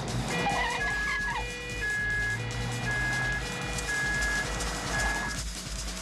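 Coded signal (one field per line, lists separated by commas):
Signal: none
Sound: ice cream truck music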